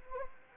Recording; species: mosquito wingbeat signal from an infrared sensor; Anopheles gambiae